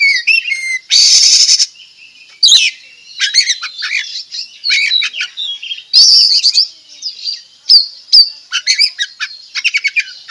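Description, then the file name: Oriental magpie-robin singing a busy mix of sweet whistles, scratchy chatter and a loud buzzy rasp early on, then quick rising and falling notes to the end. Singing actively (gacor), with loud song phrases called tembakan; recorded at Tretes. "Tembakan Kacer Tretes Gacor"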